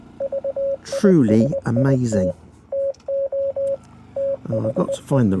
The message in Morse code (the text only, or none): VISIT TO THE